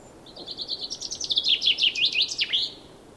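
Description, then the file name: Common chaffinch song: a quick run of bright repeated notes ending in a flourish, over faint background noise. "Fringilla coelebs"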